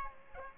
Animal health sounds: mosquito wingbeat signal from an infrared sensor; Aedes aegypti

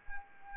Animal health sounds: mosquito wingbeat signal from an infrared sensor; Anopheles arabiensis

